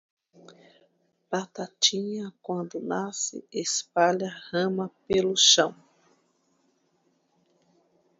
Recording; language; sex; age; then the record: short text; Brazilian Portuguese; female; 50 to 59 years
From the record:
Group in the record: control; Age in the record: 53 years